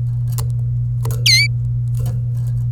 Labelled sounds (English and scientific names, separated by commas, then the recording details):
Domestic Canary (Serinus canaria) song
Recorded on 26 April 2018 at 15:33
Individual llb3